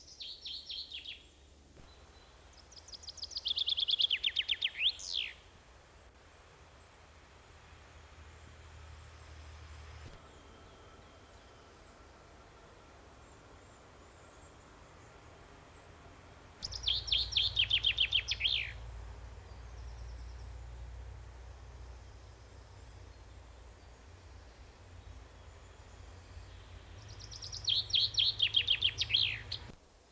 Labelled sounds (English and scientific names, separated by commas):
Common Chaffinch (Fringilla coelebs) song